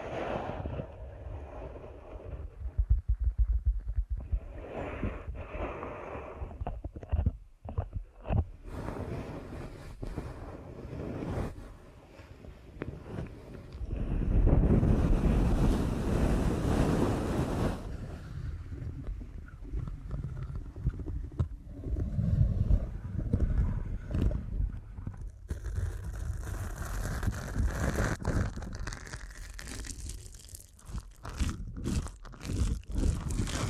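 Deep ear canal massage: muffled rubbing and low rumbling, with scattered crackles and a louder, rushing stretch of friction midway through.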